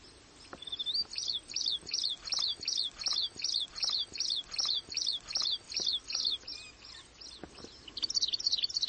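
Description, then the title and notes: Plain prinia giving a regular string of high, buzzy notes, roughly two to three per second, over background noise. "Prenjak Sawah. Suara Burung Prenjak"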